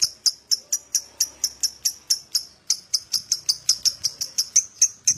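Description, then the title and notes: Lovebird chirping: piercing high notes repeated steadily about four times a second, with a short break near the middle and faint low background noise. Adult lovebird singing actively (gacor), owor style. "#5. LOVEBIRD GACOR OWOR OWOR. Lovebird Dewasa"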